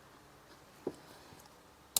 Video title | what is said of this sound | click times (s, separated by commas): Mahindra TUV 300 engine noise problem.@shyamsinghcartechnology | इसको पक्का कर दिया मैंने लॉक हो गई चाबी ऑन कर बेटा अब | 2.0 s